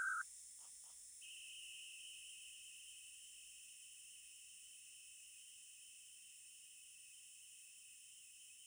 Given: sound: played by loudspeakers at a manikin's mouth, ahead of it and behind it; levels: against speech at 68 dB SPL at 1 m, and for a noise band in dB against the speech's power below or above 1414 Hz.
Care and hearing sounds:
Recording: test signals for a remote microphone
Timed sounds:
0.00-0.21 s: noise band at 1414 Hz, as loud as that band is in speech
1.21-8.67 s: noise band at 2828 Hz, as loud as that band is in speech
From the record:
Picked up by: remote microphone C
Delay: 23 ms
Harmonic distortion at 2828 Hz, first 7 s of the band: under -9 dB (system noise only)

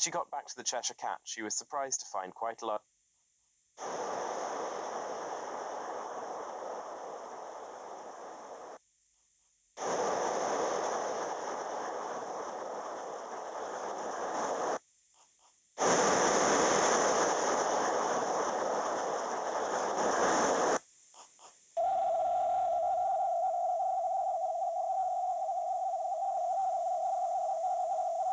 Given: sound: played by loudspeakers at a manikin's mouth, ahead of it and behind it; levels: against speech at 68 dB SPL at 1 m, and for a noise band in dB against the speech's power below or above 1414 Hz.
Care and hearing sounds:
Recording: test signals for a remote microphone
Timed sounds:
0.00-2.77 s: man speaking
3.77-8.77 s: speech-spectrum noise, -10 dB
9.77-14.77 s: speech-spectrum noise, 0 dB
15.77-20.77 s: speech-spectrum noise, +10 dB
21.77-28.33 s: noise band at 707 Hz, as loud as that band is in speech
From the record:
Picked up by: remote microphone B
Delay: 24 ms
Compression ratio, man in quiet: 2.01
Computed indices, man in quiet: SII 0.993, HASPI 0.999, HASQI 0.298 (non-linear 0.353, linear 0.843), ESTOI 0.753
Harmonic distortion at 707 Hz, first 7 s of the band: under -29 dB

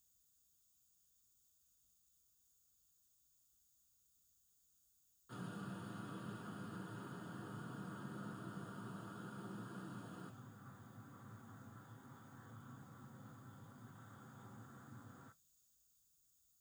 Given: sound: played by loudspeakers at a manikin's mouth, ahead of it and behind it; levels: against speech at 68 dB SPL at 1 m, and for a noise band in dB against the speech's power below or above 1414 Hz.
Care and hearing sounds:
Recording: test signals for a remote microphone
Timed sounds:
5.32-10.32 s: speech-spectrum noise from ahead, +10 dB
10.32-15.32 s: speech-spectrum noise from behind, +10 dB
From the record:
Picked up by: remote receiver E, fed by microphone B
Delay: 43 ms

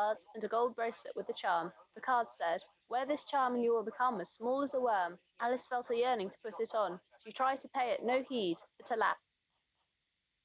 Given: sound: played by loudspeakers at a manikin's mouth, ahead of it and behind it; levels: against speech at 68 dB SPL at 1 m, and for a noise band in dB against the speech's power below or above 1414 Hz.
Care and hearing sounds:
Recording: test signals for a remote microphone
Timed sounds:
0.00-9.13 s: woman speaking, babble ahead at +6 dB SNR for speech at 1 m
From the record:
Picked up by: remote microphone B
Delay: 24 ms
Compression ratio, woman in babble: 1.71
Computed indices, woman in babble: HASPI 0.957, HASQI 0.352 (non-linear 0.409, linear 0.859), ESTOI 0.804

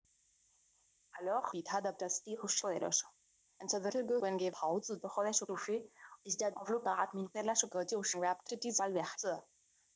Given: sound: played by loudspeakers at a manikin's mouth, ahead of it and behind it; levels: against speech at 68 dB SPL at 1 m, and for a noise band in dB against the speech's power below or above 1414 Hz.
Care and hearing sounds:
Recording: test signals for a remote microphone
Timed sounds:
1.11-9.96 s: speech test signal (ISTS)
From the record:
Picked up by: remote microphone B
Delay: 24 ms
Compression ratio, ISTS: 1.85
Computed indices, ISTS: SII 0.995, HASPI 0.987, HASQI 0.342 (non-linear 0.414, linear 0.827), ESTOI 0.825

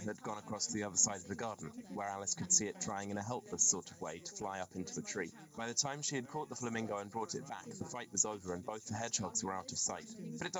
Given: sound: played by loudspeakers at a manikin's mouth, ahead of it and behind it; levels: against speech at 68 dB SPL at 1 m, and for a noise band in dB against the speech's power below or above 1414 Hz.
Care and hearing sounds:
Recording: test signals for a remote microphone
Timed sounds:
0.00-10.59 s: man speaking, babble ahead at +6 dB SNR for speech at 1 m
From the record:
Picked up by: remote microphone A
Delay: 47 ms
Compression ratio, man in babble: 10.50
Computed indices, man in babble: HASPI 1.000, HASQI 0.322 (non-linear 0.372, linear 0.866), ESTOI 0.714

